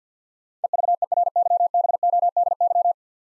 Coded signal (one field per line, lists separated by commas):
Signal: Morse code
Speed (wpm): 50 wpm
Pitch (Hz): 700 Hz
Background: none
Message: EVERYBODY